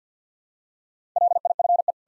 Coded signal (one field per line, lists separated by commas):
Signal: Morse code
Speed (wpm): 50 wpm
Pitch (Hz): 700 Hz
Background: none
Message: LIFE